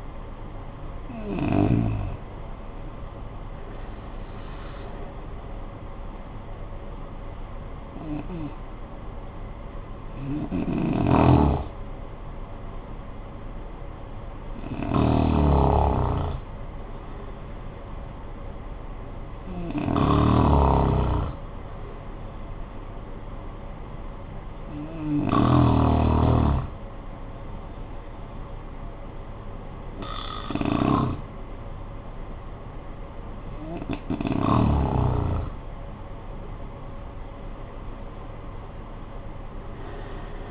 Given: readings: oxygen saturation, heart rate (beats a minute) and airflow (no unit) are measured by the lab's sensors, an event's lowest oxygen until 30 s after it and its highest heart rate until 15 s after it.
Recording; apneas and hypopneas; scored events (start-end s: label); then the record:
breathing in sleep by a smartphone at the bedside; none
none scored
From the record:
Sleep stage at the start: REM sleep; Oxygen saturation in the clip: 79 to 96%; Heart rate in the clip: 47 to 71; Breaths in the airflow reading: 9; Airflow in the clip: -12.9 to 15.8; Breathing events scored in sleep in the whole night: 445 in 7.6 hours asleep